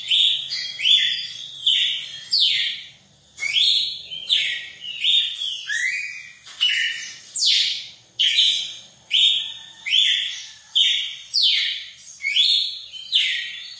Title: Canto Galo Campina Fêmea. ESQUENTAR SEU GALO CAMPINA CANTO DO GALO DE CAMPINA